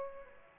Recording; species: mosquito wingbeat signal from an infrared sensor; Aedes aegypti